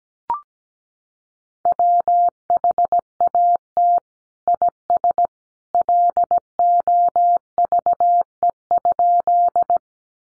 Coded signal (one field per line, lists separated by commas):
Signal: Morse code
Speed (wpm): 17 wpm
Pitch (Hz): 700 Hz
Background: none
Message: WHAT IS LOVE?